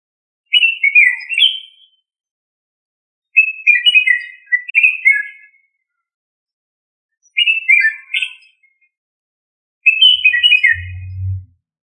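Australorp chicken giving bursts of high, descending chirps in short clusters every few seconds, with a brief low sound near the end.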